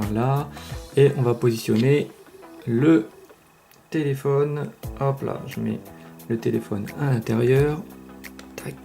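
A Samsung Galaxy S4 smartphone is being placed into the plastic holder of a Tucano MACRO leather folio case, which has a small foam lining inside. Someone talks throughout with music underneath, and a few short handling knocks are heard near 3.7 s and 8.4–8.9 s. The phone is not yet pressed in, and nothing has seated or clicked yet.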